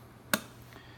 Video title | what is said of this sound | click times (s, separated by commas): How to set up the Bose system | and you'll hear it click and that's | 0.3 s